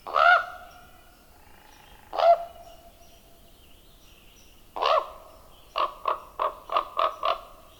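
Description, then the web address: Common raven calls: three separate hoarse croaks a couple of seconds apart, then a rapid series of six short croaks. Common western North American species. "Songs of Birds of North America Know Your Bird Sounds. Common Raven"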